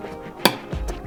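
A fuel pump assembly part is pushed into its plastic fuel pump hanger during a fuel pump install in the tank of a Nissan GTR. A sharp, loud click rings out at 0.5 s, followed by softer low handling noise. The part is confirmed seated.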